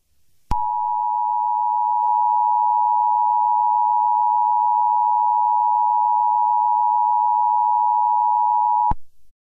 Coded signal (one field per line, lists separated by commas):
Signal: Emergency Alert System (SAME) tones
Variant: 853 and 960 Hz attention tone